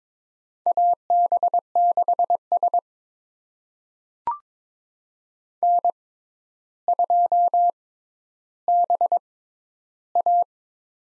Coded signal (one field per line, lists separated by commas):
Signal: Morse code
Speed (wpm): 22 wpm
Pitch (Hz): 700 Hz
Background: none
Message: AB6S N2BA